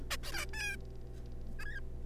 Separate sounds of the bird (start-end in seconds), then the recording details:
0.11-0.16, 0.23-0.32, 0.32-0.45, 0.53-0.76, 1.59-1.80. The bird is a juvenile. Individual R3549